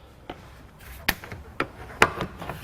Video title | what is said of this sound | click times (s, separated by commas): Ford Escape/Mercury Mariner Hybrid Battery Installation Video | should kind of pop into place like that and when you're done | 2.0 s